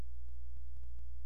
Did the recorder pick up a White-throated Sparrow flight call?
no